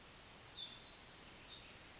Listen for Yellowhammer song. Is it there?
no